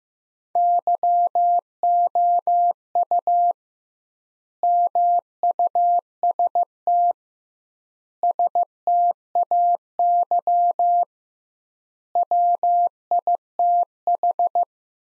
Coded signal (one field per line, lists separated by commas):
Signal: Morse code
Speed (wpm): 15 wpm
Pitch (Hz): 700 Hz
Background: none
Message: YOU MUST STAY WITH